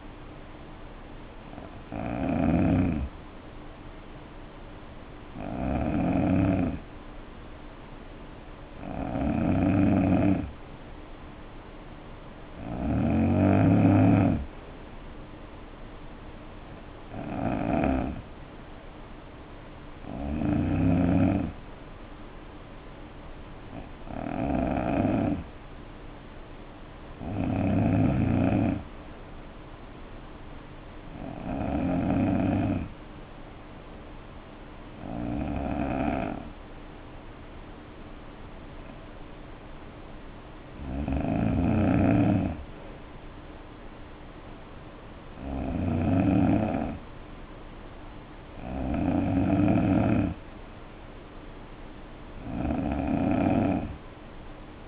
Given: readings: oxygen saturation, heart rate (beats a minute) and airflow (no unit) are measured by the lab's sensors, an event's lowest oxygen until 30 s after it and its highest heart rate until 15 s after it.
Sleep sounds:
breathing in sleep by a voice recorder at the bedside; 1
36.00-47.40 s: hypopnea (N2, oxygen 92% highest, then 89% lowest, heart rate 61 at the start, 62 highest)
38.00-54.88 s: new sleep stage, N3 (deep sleep)
From the record:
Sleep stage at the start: N2 (light sleep); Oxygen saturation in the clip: 90 to 92%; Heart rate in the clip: 58 to 66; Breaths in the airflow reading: 14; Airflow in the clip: -7.4 to 3.6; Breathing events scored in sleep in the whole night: 520 in 7.2 hours asleep

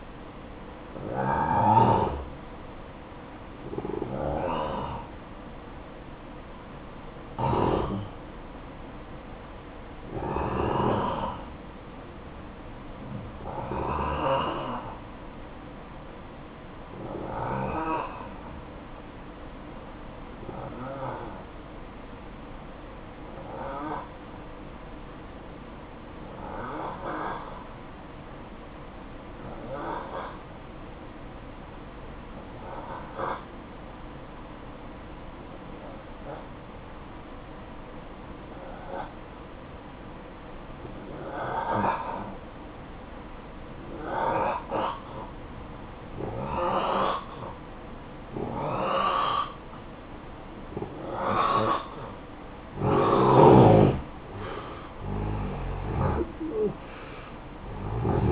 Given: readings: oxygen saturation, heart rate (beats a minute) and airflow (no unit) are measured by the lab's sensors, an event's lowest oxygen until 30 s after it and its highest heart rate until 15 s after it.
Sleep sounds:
breathing in sleep by a voice recorder at the bedside; 1
7.00-49.20 s: hypopnea (N1, oxygen 94% highest, then 86% lowest, heart rate 59 at the start, 69 highest)
17.00-47.00 s: new sleep stage, N2 (light sleep)
47.00-58.32 s: new sleep stage, N1 (lightest sleep)
From the record:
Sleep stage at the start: N1 (lightest sleep); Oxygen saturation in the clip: 85 to 94%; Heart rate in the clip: 53 to 69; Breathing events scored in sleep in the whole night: 573 in 9.8 hours asleep

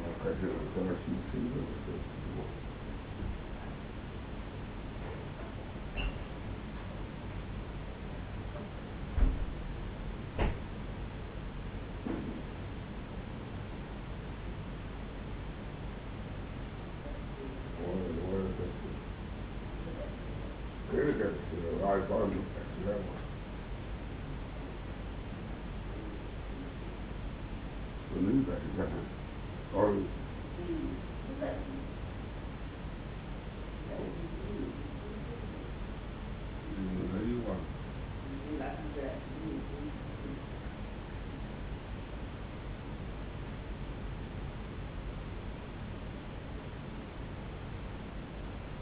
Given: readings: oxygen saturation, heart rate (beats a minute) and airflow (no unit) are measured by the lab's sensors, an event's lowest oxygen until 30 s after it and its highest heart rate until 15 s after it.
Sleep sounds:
a person awake in a sleep study, by a voice recorder at the bedside; none
0.00-48.82 s: awake
From the record:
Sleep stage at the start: awake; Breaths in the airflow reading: 18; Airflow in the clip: -0.9 to 0.7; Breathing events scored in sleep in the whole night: 449 in 7.0 hours asleep

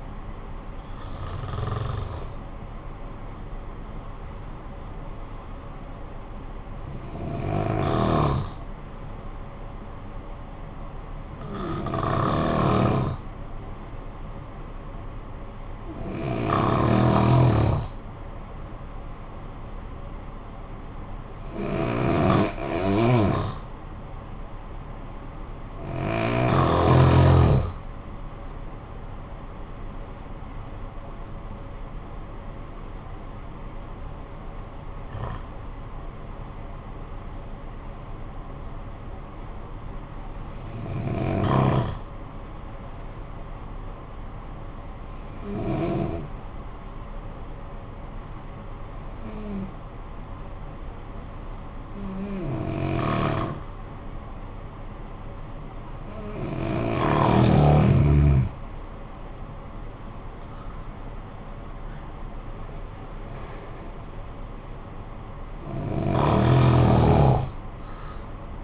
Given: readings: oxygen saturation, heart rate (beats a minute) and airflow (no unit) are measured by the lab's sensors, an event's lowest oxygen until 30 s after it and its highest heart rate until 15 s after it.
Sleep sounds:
breathing in sleep by a smartphone at the bedside; 2
9.00-26.80 s: hypopnea (N1, oxygen 95% highest, then 90% lowest, heart rate 55 at the start, 74 highest)
41.00-57.30 s: hypopnea (N1, oxygen 94% highest, then 87% lowest, heart rate 56 at the start, 69 highest)
59.00-68.64 s: new sleep stage, N2 (light sleep)
From the record:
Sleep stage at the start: N1 (lightest sleep); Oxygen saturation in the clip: 85 to 95%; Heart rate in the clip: 50 to 74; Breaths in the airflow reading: 15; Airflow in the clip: -12.8 to 12.8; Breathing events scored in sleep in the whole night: 445 in 7.6 hours asleep

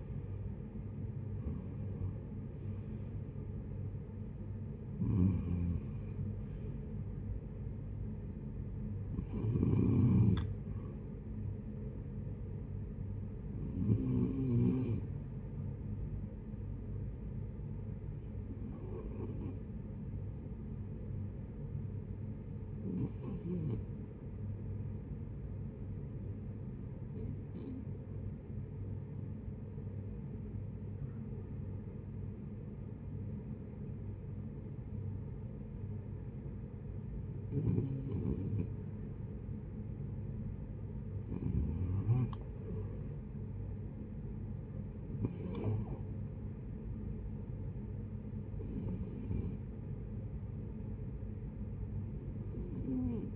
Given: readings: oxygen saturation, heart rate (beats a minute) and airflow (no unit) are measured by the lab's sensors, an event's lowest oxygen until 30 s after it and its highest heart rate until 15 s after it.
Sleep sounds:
breathing in sleep by a smartphone at the bedside; 1
20.00-46.50 s: hypopnea (REM, oxygen 96% highest, then 77% lowest, heart rate 75 at the start, 76 highest)
From the record:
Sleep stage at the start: REM sleep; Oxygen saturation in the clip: 73 to 96%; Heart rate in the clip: 58 to 85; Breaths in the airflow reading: 11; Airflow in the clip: -13.9 to 11.3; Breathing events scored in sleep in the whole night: 496 in 5.4 hours asleep

